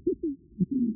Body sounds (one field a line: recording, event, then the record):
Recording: neck accelerometer signal played as sound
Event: no cough (speech, laughter, throat clearing or background)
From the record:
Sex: male